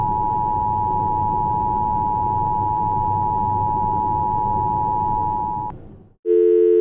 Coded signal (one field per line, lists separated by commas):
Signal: Emergency Alert System (SAME) tones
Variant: 853 and 960 Hz attention tone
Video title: (MY FIRST GOOD EAS MOCK) dust storm warning for midland Texas EAS